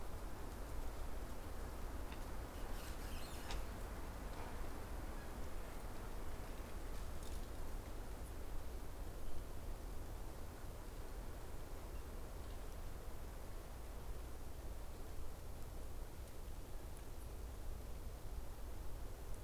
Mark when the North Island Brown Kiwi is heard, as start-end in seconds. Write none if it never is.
none